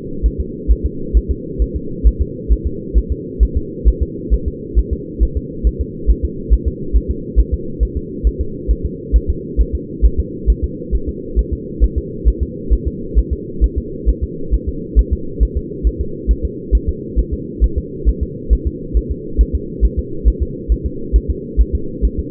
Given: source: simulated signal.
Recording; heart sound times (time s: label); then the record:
fetal heart sounds
0.26 s: S1
0.40 s: S2
0.71 s: S1
0.86 s: S2
1.17 s: S1
1.31 s: S2
1.62 s: S1
1.76 s: S2
2.07 s: S1
2.22 s: S2
2.52 s: S1
2.67 s: S2
2.98 s: S1
3.12 s: S2
3.43 s: S1
3.57 s: S2
3.88 s: S1
4.03 s: S2
4.34 s: S1
4.48 s: S2
4.79 s: S1
4.93 s: S2
5.23 s: S1
5.37 s: S2
5.67 s: S1
5.81 s: S2
6.10 s: S1
6.25 s: S2
6.53 s: S1
6.68 s: S2
6.96 s: S1
7.11 s: S2
7.40 s: S1
7.54 s: S2
7.83 s: S1
7.97 s: S2
8.27 s: S1
8.41 s: S2
8.71 s: S1
8.85 s: S2
9.16 s: S1
9.30 s: S2
9.61 s: S1
9.75 s: S2
10.05 s: S1
10.19 s: S2
10.50 s: S1
10.64 s: S2
10.95 s: S1
11.09 s: S2
11.39 s: S1
11.53 s: S2
11.84 s: S1
11.98 s: S2
12.28 s: S1
12.43 s: S2
12.73 s: S1
12.88 s: S2
13.19 s: S1
13.33 s: S2
13.64 s: S1
13.78 s: S2
14.09 s: S1
14.24 s: S2
14.54 s: S1
14.69 s: S2
14.99 s: S1
15.13 s: S2
15.43 s: S1
15.57 s: S2
15.87 s: S1
16.01 s: S2
16.31 s: S1
16.45 s: S2
16.75 s: S1
16.89 s: S2
17.19 s: S1
17.34 s: S2
17.64 s: S1
17.78 s: S2
18.09 s: S1
18.23 s: S2
18.53 s: S1
18.67 s: S2
18.97 s: S1
19.11 s: S2
19.41 s: S1
19.55 s: S2
19.85 s: S1
19.99 s: S2
20.28 s: S1
20.42 s: S2
20.72 s: S1
20.86 s: S2
21.16 s: S1
21.30 s: S2
21.61 s: S1
21.75 s: S2
22.05 s: S1
22.19 s: S2
From the record:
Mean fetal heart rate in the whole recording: 135 bpm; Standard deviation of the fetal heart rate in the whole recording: 3 bpm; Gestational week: 34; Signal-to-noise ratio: -4.3 dB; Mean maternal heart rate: 72 bpm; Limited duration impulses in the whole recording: absent